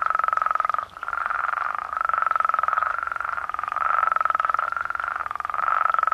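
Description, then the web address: New Mexico spadefoot giving buzzy pulsed trills that run together with only brief breaks. North America. "Songs of Frogs Toads of North America. New Mexico Spadefoot"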